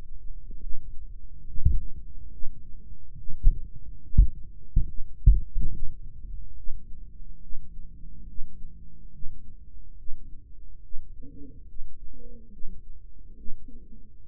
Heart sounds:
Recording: heart sounds by microphone in the right ear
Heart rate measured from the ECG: 71 bpm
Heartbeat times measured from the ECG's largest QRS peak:
0.62 s: heartbeat
1.47 s: heartbeat
2.32 s: heartbeat
3.18 s: heartbeat
4.03 s: heartbeat
4.87 s: heartbeat
5.72 s: heartbeat
6.57 s: heartbeat
7.42 s: heartbeat
8.28 s: heartbeat
9.13 s: heartbeat
9.98 s: heartbeat
10.83 s: heartbeat
11.68 s: heartbeat
12.52 s: heartbeat
13.38 s: heartbeat
14.23 s: heartbeat
From the record:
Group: healthy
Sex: male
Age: 55 years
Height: 167 cm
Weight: 57.2 kg

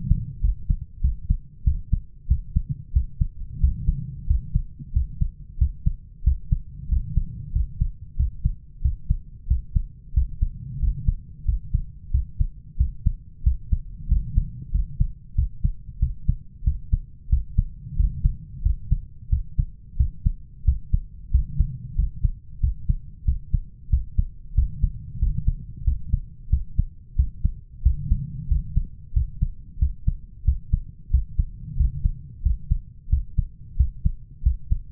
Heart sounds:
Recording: heart sounds by stethoscope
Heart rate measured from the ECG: 92 bpm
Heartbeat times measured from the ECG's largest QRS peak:
0.43 s: heartbeat
1.03 s: heartbeat
1.66 s: heartbeat
2.30 s: heartbeat
2.95 s: heartbeat
3.62 s: heartbeat
4.29 s: heartbeat
4.95 s: heartbeat
5.60 s: heartbeat
6.26 s: heartbeat
6.91 s: heartbeat
7.54 s: heartbeat
8.18 s: heartbeat
8.84 s: heartbeat
9.49 s: heartbeat
10.16 s: heartbeat
10.82 s: heartbeat
11.47 s: heartbeat
12.13 s: heartbeat
12.79 s: heartbeat
13.45 s: heartbeat
14.10 s: heartbeat
14.74 s: heartbeat
15.37 s: heartbeat
16.01 s: heartbeat
16.66 s: heartbeat
17.31 s: heartbeat
17.98 s: heartbeat
18.65 s: heartbeat
19.31 s: heartbeat
19.99 s: heartbeat
20.67 s: heartbeat
21.33 s: heartbeat
21.98 s: heartbeat
22.62 s: heartbeat
23.27 s: heartbeat
23.92 s: heartbeat
24.57 s: heartbeat
25.21 s: heartbeat
25.86 s: heartbeat
26.52 s: heartbeat
27.18 s: heartbeat
27.85 s: heartbeat
28.50 s: heartbeat
29.15 s: heartbeat
29.81 s: heartbeat
30.47 s: heartbeat
31.13 s: heartbeat
31.79 s: heartbeat
32.45 s: heartbeat
33.11 s: heartbeat
33.79 s: heartbeat
34.45 s: heartbeat
From the record:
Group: healthy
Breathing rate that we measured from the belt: 17 breaths a minute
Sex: male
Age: 21 years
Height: 175 cm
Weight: 72.6 kg

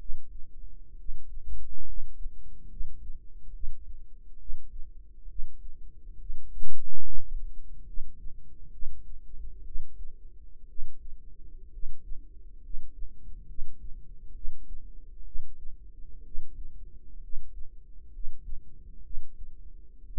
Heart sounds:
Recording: heart sounds by microphone in the right ear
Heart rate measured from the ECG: 66 bpm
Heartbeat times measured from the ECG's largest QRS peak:
0.96 s: heartbeat
1.84 s: heartbeat
2.68 s: heartbeat
3.51 s: heartbeat
4.37 s: heartbeat
5.27 s: heartbeat
6.17 s: heartbeat
7.02 s: heartbeat
7.84 s: heartbeat
8.70 s: heartbeat
9.63 s: heartbeat
10.66 s: heartbeat
11.70 s: heartbeat
12.60 s: heartbeat
13.45 s: heartbeat
14.32 s: heartbeat
15.23 s: heartbeat
16.22 s: heartbeat
17.19 s: heartbeat
18.10 s: heartbeat
19.01 s: heartbeat
20.05 s: heartbeat
From the record:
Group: healthy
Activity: rest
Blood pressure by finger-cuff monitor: 101/49 mmHg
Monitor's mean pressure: 61 mmHg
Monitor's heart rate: 66 bpm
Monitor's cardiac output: 6 L/min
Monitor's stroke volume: 91 mL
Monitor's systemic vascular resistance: 690 dyn s/cm5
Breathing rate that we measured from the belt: 11 breaths a minute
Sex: male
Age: 25 years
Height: 170 cm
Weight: 70.4 kg

